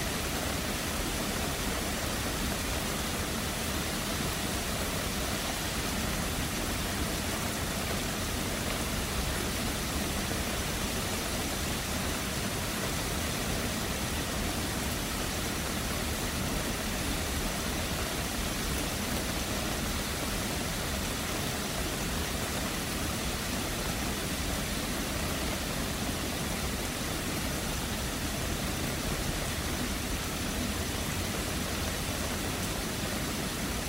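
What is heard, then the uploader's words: Rain over Brisbane falls as a dense, even hiss that holds at one level for the whole stretch, with no build or letup. A low rumbling wash sits under the patter throughout, and a faint thin whine stays high above it. Queensland Storm. The sounds of a storm rolling in over Brisbane.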